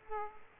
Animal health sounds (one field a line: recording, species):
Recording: mosquito wingbeat signal from an infrared sensor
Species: Culex quinquefasciatus